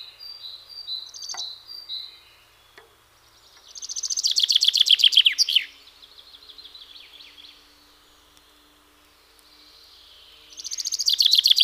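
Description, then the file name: Common chaffinch delivering a fast, falling trill that ends with a flourish, then a second song begins near the end; softer high bird notes and twitters fill the gaps. "Fringilla coelebs"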